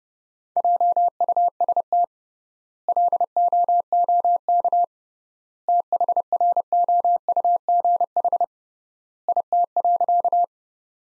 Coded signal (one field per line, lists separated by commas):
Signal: Morse code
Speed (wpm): 30 wpm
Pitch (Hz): 700 Hz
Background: none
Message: JUST LOOK THROUGH IT.